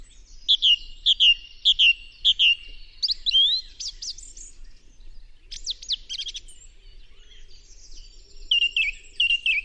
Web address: chant Grive musicienne